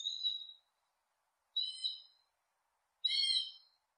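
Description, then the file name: Three short hawk screams with harmonics, about one and a half seconds apart. Hawk calling while hunting prey. "Tieng dieu hau san moi"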